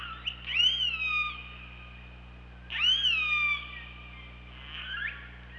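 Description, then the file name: Orca calls: two loud harmonic calls, each rising sharply then falling and holding, then a fainter call, over a steady low hum. Recorded on an OrcaLab hydrophone on 24 August 2017, around 23:36. "Orca Lab UTLN JASON 20170824 233652"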